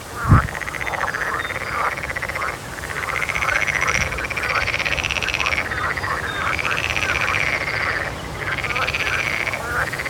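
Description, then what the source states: Frogs calling in a dense chorus of rapid, rattling croaks, swelling in bursts every couple of seconds, with a low rumble beneath. Frogs near Ketzin, Germany, on 24 May 2021.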